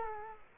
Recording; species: mosquito wingbeat signal from an infrared sensor; Culex quinquefasciatus